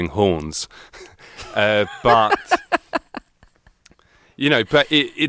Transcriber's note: soundbite of laughter